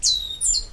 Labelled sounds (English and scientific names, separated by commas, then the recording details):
Stitchbird (Notiomystis cincta) song
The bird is a male
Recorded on Tiritiri Matangi Island, New Zealand, in 2005
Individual 14, of nest box 20